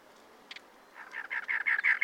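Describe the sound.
Cactus wren song: a brief note, then a run of rapid, scratchy 'char' notes that grows louder.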